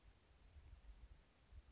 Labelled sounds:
Western Flycatcher
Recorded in Sonoma County, California

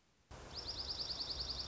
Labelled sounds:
Dark-eyed Junco
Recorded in Sonoma County, California

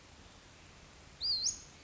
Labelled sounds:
Western Flycatcher
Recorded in Sonoma County, California

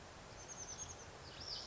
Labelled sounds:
Oak Titmouse
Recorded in Sonoma County, California

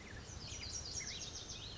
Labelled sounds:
Lazuli Bunting
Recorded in Sonoma County, California

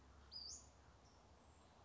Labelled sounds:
Western Flycatcher
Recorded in Sonoma County, California

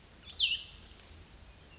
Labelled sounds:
Cassin's Vireo
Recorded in Sonoma County, California

